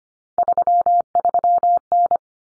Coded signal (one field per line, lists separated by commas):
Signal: Morse code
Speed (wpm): 25 wpm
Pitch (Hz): 700 Hz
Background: none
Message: 33N